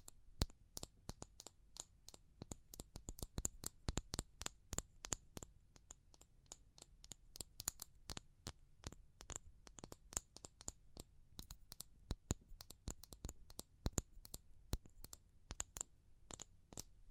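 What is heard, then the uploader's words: Fast tapping fills the whole stretch, sharp bright clicks arriving several per second, sometimes in quick bursts, sometimes a little more spaced out. Each tap is crisp with a faint low thud under it, over a quiet, steady background. ASMR Pure Tapping Fast and Slow (No Talking).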